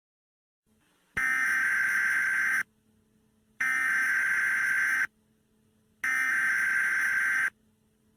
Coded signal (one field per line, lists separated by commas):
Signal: Emergency Alert System (SAME) tones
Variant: header bursts